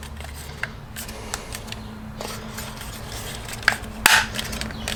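A new plastic window switch insert for a Mk6 GTI is slid into the door switch panel housing and pressed until its clips engage on both sides. Sharp snaps are heard at 3.7 s and 4.1 s as each side seats, and the insert ends up snapped firmly in place.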